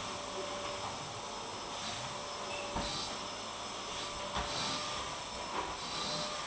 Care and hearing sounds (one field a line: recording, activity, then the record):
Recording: daily activity, microphone in the room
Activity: vacuum cleaning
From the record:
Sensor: 1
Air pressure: 1011.9 hPa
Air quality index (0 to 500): 239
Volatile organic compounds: 6 ppm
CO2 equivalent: 1899 ppm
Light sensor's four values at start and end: 8/19/8/8 and 8/19/8/8